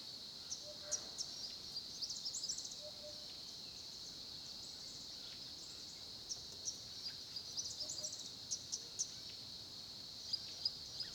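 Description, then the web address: Crickets produce an even, continuous high trill, with a few faint clicks and soft low calls breaking in occasionally. Crickets recorded at 10:30 am by a small pond at Olifants, Kruger, South Africa. "Sonniss - GDC 2018-Game Audio Bundle Tonschliff - SOUTH AFRICAN CRICKETS BG South Africa Kruger Olifants 1030 am small pond"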